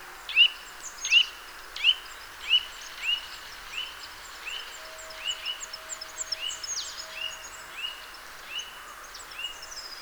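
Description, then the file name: Eurasian nuthatch calls, a run of clear whistled notes repeated steadily more than once a second, fading in strength over time, with faint background hiss. "Sitta europaea"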